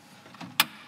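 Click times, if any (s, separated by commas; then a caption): 0.6 s. A resin material unit, a cartridge paired with its material unit, is slid into the bay of a Prime Print 3D printer, with soft sliding and contact sounds around 0.35 s and 0.4 s. A sharp, bright click at 0.6 s is the unit locking into place, fully seated.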